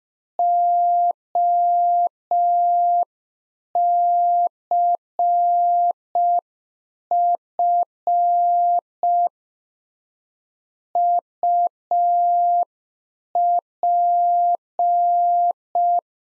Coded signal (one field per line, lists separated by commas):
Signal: Morse code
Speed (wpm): 5 wpm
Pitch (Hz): 700 Hz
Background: none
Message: OCF UP